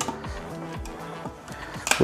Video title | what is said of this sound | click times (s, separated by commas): The game changing Oase Biomaster Thermo CANISTER AQUARIUM FILTER | which can't go wrong, just clips in. Clips in | 1.9 s